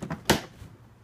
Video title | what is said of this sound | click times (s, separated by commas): Ride-On Toy Shelby Cobra 6v - Assembly Guide | you'll hear it lock into place and the last part is that small tail | 0.3 s